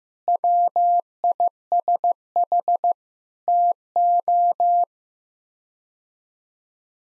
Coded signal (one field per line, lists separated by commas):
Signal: Morse code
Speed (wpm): 15 wpm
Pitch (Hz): 700 Hz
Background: none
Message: WISH TO